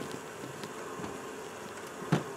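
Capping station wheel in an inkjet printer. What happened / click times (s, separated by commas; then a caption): The plastic drive wheel clicked free / 2.1 s. A Phillips screwdriver turns the plastic capping-station drive wheel of an Epson P600 inkjet printer, used for Direct To Film printing, to the right against a steady background hiss. After a faint tick at about 0.6 s, a sharp click sounds at 2.1 s as the wheel clicks free, releasing the capping station so the print head can move.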